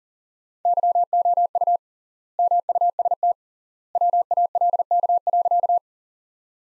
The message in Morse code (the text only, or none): YOU MUST WALK.